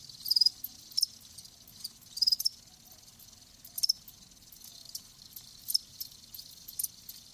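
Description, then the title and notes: Sparse cricket chirps, short high pulses spaced a second or more apart, over a soft hissing background. Live crickets chirping, a lulling song. "Live Crickets Chirping. Enjoy the lulling song of crickets. RainManCJ"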